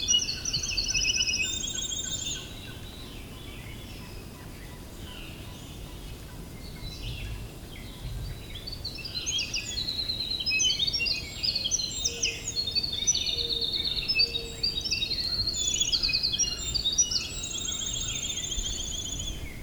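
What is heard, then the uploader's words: At Valens Lake in June, bright bird chirps come in bursts over a steady low rumble, busiest in the first two seconds and after ten. Valens Lake in June. I returned to Valens Lake, during the height of breeding season.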